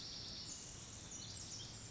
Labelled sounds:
Pacific Wren (Troglodytes pacificus)
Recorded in Sonoma County, California

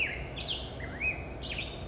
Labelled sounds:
Black-headed Grosbeak (Pheucticus melanocephalus)
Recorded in Sonoma County, California

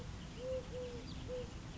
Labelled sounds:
Eurasian Collared Dove (Streptopelia decaocto)
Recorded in Sonoma County, California

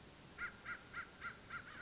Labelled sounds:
American Crow (Corvus brachyrhynchos)
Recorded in Sonoma County, California

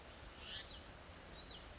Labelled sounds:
Hutton's Vireo (Vireo huttoni)
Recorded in Sonoma County, California

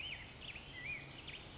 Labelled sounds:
Black-headed Grosbeak (Pheucticus melanocephalus)
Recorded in Sonoma County, California

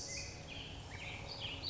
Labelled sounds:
Black-headed Grosbeak (Pheucticus melanocephalus)
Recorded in Sonoma County, California

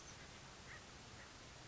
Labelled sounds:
Oak Titmouse (Baeolophus inornatus)
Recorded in Sonoma County, California

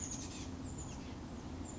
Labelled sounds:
Chestnut-backed Chickadee (Poecile rufescens)
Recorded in Sonoma County, California

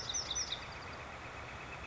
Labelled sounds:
Northern Flicker (Colaptes auratus)
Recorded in Sonoma County, California

